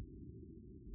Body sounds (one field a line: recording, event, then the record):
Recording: neck accelerometer signal played as sound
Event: no cough (speech, laughter, throat clearing or background)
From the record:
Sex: male